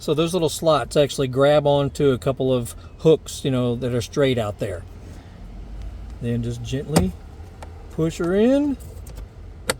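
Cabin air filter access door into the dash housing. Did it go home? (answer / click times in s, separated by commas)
yes / 9.7 s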